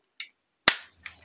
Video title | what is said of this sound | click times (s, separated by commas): Transformers 4 Voyager Galvatron Review | el quizá ahora tiene que dar un clic escuchen | 0.7 s